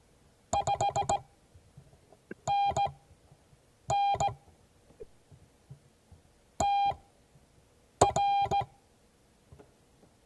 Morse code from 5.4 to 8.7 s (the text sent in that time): TR